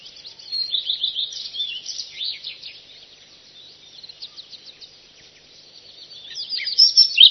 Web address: sounds zwartkop